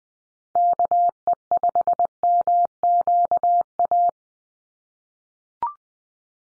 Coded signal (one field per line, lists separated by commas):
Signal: Morse code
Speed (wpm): 20 wpm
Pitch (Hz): 700 Hz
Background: none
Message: KE5MQA